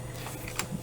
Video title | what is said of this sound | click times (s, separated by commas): Kodak Brownie Junior 616 Manual: Taking Photos, Using 120 Film | This will click into place when it's lined up. | 0.6 s